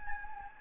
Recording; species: mosquito wingbeat signal from an infrared sensor; Anopheles gambiae